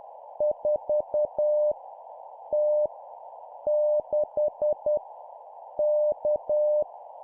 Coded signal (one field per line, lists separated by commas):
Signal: Morse code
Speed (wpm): 10 wpm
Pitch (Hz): 600 Hz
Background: none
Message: 4 T 6 K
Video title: 10wpm Random Letter Number, learning morse code